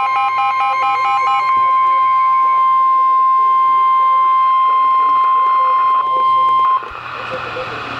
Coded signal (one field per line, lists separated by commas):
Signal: Emergency Alert System (SAME) tones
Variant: 1050 Hz attention tone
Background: speech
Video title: Severe Thunderstorm Warning (EAS #721)